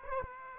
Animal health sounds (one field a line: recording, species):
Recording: mosquito wingbeat signal from an infrared sensor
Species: Aedes aegypti